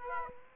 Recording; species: mosquito wingbeat signal from an infrared sensor; Aedes aegypti